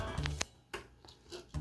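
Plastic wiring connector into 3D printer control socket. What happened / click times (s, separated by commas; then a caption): The connector clicked home / 0.3 s, 0.4 s. A green plastic wiring-harness connector is pushed into its control socket on an Anycubic Mega S 3D printer. Two sharp, short clicks are heard at 0.3 and 0.4 seconds, followed by a few softer knocks and rustles. The connector is seated home.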